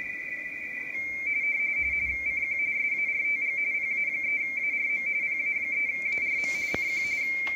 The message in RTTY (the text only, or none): CQ SARTG PA3ARM PA3ARM CQ